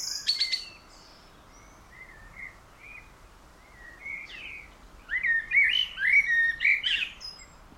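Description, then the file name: Common blackbird gives sharp high chinks, then soft low warbled phrases, followed by a louder run of mellow, squeaky warbling near the end, with a steady background hiss. "Turdus merula"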